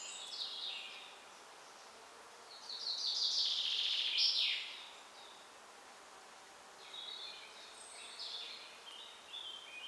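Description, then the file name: Common chaffinch song, one cascading trill in the middle, with scattered fainter high notes before and after. "Fringilla coelebs"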